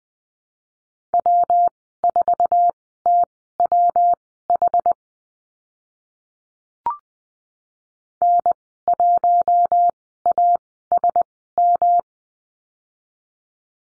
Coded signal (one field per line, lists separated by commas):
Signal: Morse code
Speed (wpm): 20 wpm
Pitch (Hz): 700 Hz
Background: none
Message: W4TWH N1ASM